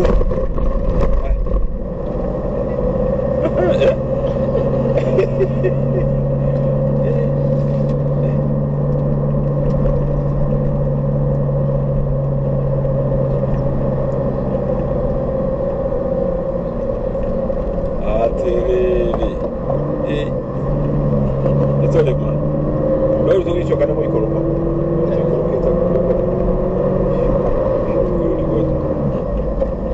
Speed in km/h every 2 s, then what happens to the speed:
37, 41, 44, 45, 46, 46, 44, 41, 39, 33, 26, 30, 34, 35, 34.
0-5 speeds up to 45. 5-11 steady at about 46. 11-20 slows to 26. 20-24 speeds up to 34. 24-30 steady at about 34.